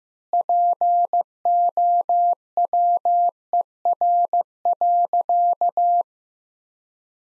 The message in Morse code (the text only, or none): POWER.